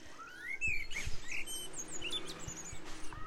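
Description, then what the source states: Common blackbird song: clear, fluty whistled phrases with thin high notes and background noise. Male, singing in a local park in Brighton; song described as loud, clear, warm, clean and melodic.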